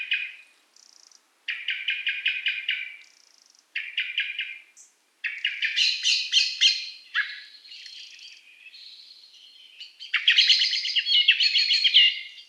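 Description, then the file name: Common blackbird rattling calls, bursts of rapid chattering notes separated by short pauses, growing louder and busier toward the end, with a few thin high notes between. "Turdus merula"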